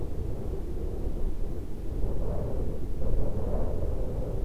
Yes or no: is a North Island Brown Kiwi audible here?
no